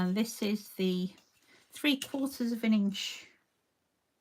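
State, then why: Not seated. The measuring guide on a paper trimmer is being handled on its way to the 3/4 inch position, where it slides until it locks in place. Someone talks for about three seconds, then there is silence. Nothing has locked or clicked into place yet.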